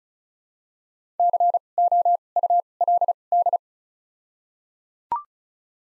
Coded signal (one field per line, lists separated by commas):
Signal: Morse code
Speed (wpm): 34 wpm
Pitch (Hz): 700 Hz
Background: none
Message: C O U L D